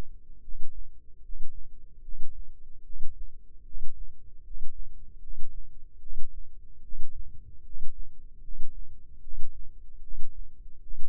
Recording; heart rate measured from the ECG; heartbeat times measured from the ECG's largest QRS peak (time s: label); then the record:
heart sounds by microphone in the left ear; 75 bpm
0.40 s: heartbeat
1.20 s: heartbeat
2.00 s: heartbeat
2.81 s: heartbeat
3.62 s: heartbeat
4.41 s: heartbeat
5.18 s: heartbeat
5.98 s: heartbeat
6.80 s: heartbeat
7.61 s: heartbeat
8.40 s: heartbeat
9.19 s: heartbeat
9.99 s: heartbeat
10.78 s: heartbeat
From the record:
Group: healthy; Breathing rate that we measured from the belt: 18 breaths a minute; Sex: male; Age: 35 years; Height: 180 cm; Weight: 86.9 kg